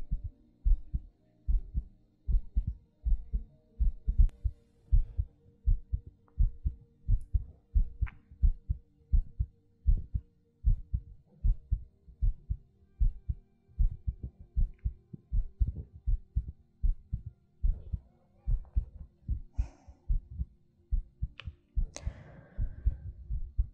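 Steady low thumping heartbeat at roughly 77 beats a minute, the paired lub-dub sounds clear throughout. Toward the end, a few soft breaths and faint rustles rise over the beats. Close-miked ASMR of an ordinary adult heartbeat with breathing.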